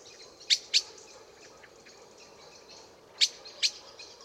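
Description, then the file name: Common blackbird sharp clicking calls, two quick pairs of hard chinks a few seconds apart. "Turdus merula"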